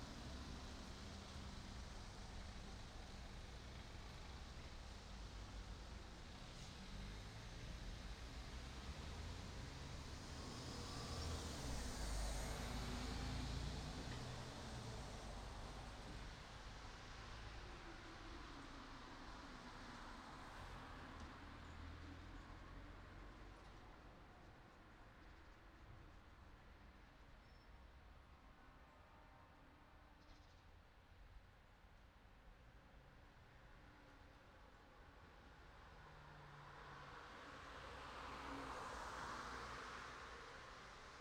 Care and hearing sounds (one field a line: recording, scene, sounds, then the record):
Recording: everyday scene through a hearing-aid microphone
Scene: in traffic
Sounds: traffic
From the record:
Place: city secondary road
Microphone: in the ear canal, right